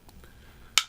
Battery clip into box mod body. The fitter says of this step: just drop your batteries in pop them inside the clip and then it locks into place